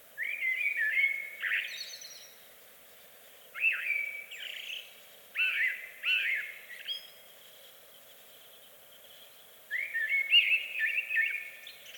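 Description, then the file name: Eurasian blackbird song: several mellow whistled phrases with twittering ends, separated by short pauses, a longer gap before a final phrase; low hiss underneath. "Amsel Bird Blackbird"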